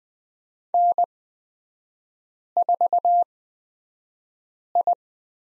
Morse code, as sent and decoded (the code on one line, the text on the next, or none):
-. ....- ..
N4I